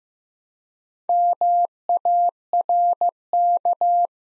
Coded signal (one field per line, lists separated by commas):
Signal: Morse code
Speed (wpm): 15 wpm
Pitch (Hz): 700 Hz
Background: none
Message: MARK